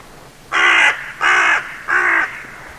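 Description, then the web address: Bird giving three harsh, hoarse caws, each about a third of a second long, evenly spaced and loud against a quiet background. "Deverinetal 2025 File origin Bird Only"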